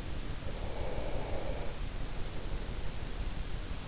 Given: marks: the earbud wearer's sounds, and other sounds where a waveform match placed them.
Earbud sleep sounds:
sounds in sleep by an in-ear microphone; breath
0.16-3.13 s: breath

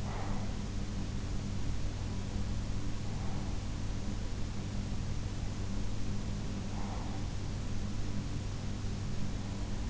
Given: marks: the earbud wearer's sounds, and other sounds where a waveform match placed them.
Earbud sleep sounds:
sounds in sleep by an in-ear microphone; breath
0.00-0.74 s: breath
2.91-4.00 s: breath
6.34-7.49 s: breath

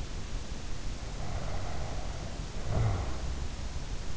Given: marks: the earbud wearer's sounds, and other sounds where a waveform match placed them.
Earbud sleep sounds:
sounds in sleep by an in-ear microphone; snoring breath
1.10-3.44 s: snoring breath

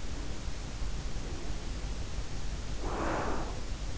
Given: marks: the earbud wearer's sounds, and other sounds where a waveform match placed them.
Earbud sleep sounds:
sounds in sleep by an in-ear microphone; breath
1.06-3.76 s: breath

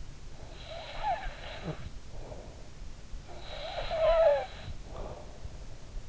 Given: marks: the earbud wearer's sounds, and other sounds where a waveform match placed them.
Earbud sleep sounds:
sounds in sleep by an in-ear microphone; snoring breath
0.37-2.87 s: snoring breath
3.33-5.29 s: snoring breath

